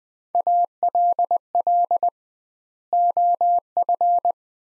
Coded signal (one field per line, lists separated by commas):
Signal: Morse code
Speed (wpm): 20 wpm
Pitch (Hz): 700 Hz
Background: none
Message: ALL OF